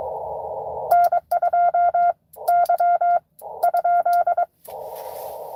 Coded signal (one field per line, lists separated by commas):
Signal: Morse code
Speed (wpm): 22 wpm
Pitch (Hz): 690 Hz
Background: none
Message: N2Y ?